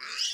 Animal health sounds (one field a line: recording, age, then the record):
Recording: pig call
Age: piglet (1 to 25 days)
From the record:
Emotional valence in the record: positive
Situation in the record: reunion after long isolation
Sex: female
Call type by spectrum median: high-frequency call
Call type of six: mixed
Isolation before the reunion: 8 minutes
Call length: 0.34 s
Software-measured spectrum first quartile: 2805 Hz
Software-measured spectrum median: 4293 Hz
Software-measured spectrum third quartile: 5282 Hz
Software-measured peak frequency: 5027 Hz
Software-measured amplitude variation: 96 dB a second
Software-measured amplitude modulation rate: 25.1 a second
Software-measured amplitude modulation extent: 3.8 dB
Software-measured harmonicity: 2.1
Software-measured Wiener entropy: -2.21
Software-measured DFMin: 1509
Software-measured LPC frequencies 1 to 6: 1362, 1897, 2890, 5018, 5680, 7028 Hz